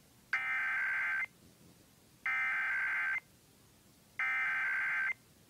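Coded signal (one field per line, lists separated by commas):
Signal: Emergency Alert System (SAME) tones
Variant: header bursts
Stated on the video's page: Iowa Required Monthly Test originated from WHO (AM), relayed to all Iowa radio and TV stations, received on KZIA.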